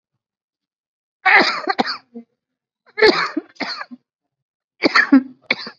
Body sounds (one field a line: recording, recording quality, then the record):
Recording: heavy voluntary cough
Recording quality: excellent, no background noise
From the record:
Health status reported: COVID-19 positive, mild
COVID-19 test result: positive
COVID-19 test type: RT-PCR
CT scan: not taken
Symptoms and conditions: cough, fever, muscle pain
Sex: male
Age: 41 years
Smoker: no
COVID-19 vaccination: both doses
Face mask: worn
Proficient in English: yes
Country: India